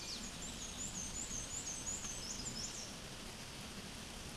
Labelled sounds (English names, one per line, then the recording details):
Black-and-white Warbler song
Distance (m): 40 m
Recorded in a Pennsylvania forest on 18 May 2023 at 13:54
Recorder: AudioMoth, point grid1_27_low
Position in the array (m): 86 m, 44 m